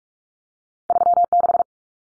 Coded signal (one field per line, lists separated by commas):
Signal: Morse code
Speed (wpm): 46 wpm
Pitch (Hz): 700 Hz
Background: none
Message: 36